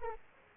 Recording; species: mosquito wingbeat signal from an infrared sensor; Aedes aegypti